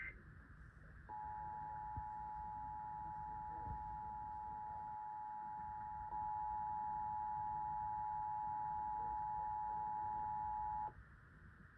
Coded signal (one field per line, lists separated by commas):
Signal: Emergency Alert System (SAME) tones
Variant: 853 and 960 Hz attention tone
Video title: EAS 5983-5986: KDKA EAS TEST FROM 07/28/24